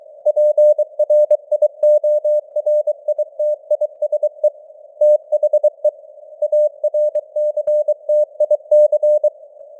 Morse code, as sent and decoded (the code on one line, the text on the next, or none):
.--. .-. .. --- .-. .. - .. ... . / - .... . / .- .-. -.-. - .. -.-.
PRIORITISE THE ARCTIC